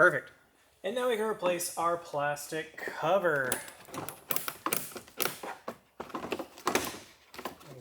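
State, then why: Seated. A plastic cowl cover on a 2010–2015 Toyota Prius is pressed back down onto the windshield cowl area while someone talks. Sharp snaps are heard at 4.3, 4.7, 5.2 and 6.7 seconds as the little snaps around its perimeter catch. The cover snaps into place and is held seated.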